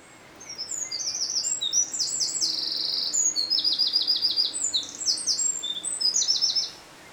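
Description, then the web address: Eurasian wren singing a loud, high, rapid song of sharp trills and ticking rattles, pouring out continuously for about six seconds over a faint low background hiss. "ocells Chochin-paleartico"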